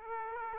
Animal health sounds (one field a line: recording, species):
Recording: mosquito wingbeat signal from an infrared sensor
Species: Aedes aegypti